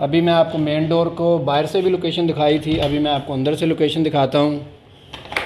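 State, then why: Seated. Someone talks for most of the clip, then the upper sliding bolt on the inside of a fiberglass main door is pushed across into the strike on the door frame. A few short metallic scrapes lead into a sharp click at 5.4 s as the bolt slides home and the door is locked.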